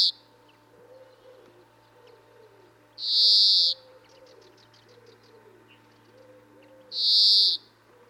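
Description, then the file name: European greenfinch giving loud, drawn-out buzzy wheezes, one cut off at the start and two more about four seconds apart, with faint twittering notes and soft low cooing in the background. "Chloris chloris"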